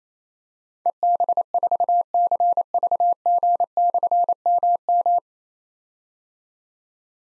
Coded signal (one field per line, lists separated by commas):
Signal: Morse code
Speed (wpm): 27 wpm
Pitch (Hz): 700 Hz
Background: none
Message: EB4CVG/MM